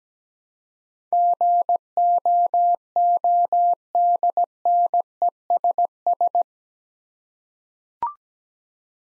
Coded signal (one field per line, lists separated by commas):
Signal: Morse code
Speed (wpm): 17 wpm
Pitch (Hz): 700 Hz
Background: none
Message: GOODNESS